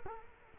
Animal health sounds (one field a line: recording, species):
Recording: mosquito wingbeat signal from an infrared sensor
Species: Culex quinquefasciatus